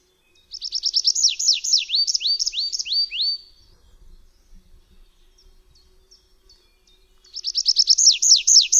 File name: ŚWIERGOTEK DRZEWNY